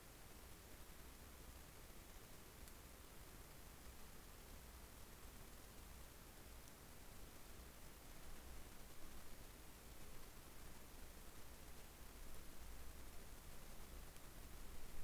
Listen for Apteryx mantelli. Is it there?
no